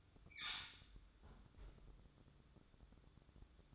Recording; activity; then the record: daily activity, microphone in the room; close fridge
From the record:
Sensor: 3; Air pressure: 1007.7 hPa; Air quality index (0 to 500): 65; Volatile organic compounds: 1 ppm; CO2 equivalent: 626 ppm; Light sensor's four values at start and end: 13/30/13/13 and 13/30/13/13